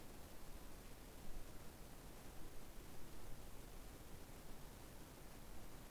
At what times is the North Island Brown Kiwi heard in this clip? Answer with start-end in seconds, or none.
none